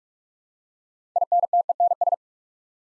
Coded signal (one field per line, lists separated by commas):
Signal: Morse code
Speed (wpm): 44 wpm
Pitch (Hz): 700 Hz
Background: none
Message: INTENS